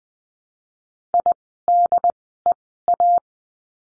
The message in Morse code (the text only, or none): IDEA